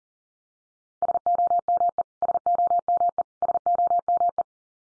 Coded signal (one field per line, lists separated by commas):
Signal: Morse code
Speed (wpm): 40 wpm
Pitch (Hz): 700 Hz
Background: none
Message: SOME SOME SOME